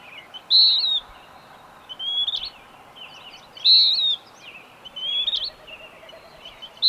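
Bird sings repeated whistled phrases, loud bright notes alternating with quieter twittering ones, over steady background hiss.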